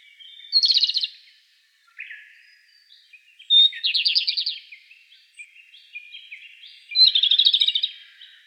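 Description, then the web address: Japanese robin song with three strong rattling trilled phrases introduced by a thin high note, plus softer lower twittering notes in between. Recorded 15 April 2013. "birdenaga komadori"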